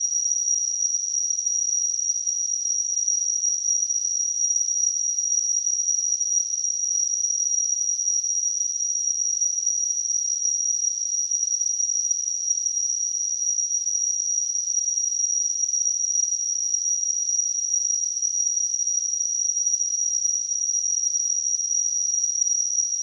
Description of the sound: Tinnitus.